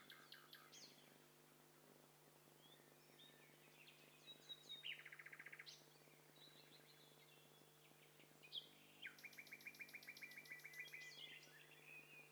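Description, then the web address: Birds calling together: overlapping chirps, a fast buzzy trill near five seconds and a rapid rattling series around nine seconds, over a steady low hum. Several birds calling at once. "Hi Fi STEREO BIRD COCKTAIL PARTY Challenge"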